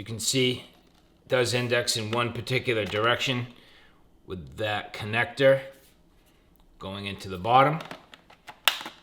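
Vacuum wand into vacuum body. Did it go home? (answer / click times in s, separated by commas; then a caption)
yes / 8.7 s. A person talks while the keyed connector of the Uwant V500 cordless stick vacuum's wand is pushed into the bottom section of the vacuum body. It can only go in one direction. A sharp, solid click at 8.7 seconds confirms the wand has seated.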